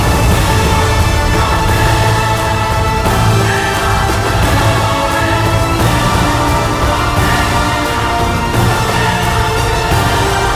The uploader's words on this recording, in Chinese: 10首超好聽史詩音樂配合風雪的聲音。